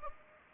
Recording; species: mosquito wingbeat signal from an infrared sensor; Anopheles gambiae